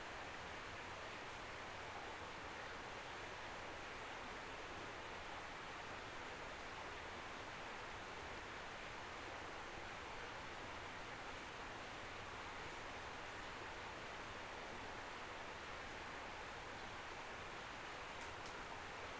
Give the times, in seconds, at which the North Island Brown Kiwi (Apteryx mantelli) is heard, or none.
none